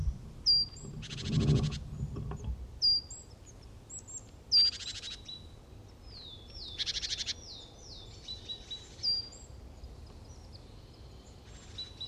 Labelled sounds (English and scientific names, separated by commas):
Great Tit (Parus major)